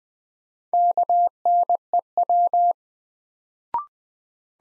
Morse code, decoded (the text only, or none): KNEW